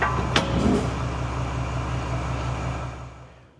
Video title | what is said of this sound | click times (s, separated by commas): Hitching Your Fifth Wheel - General Overview | we're hooked up now usually you're going to hear some sort of an audible click when the Jaws close | 0.4 s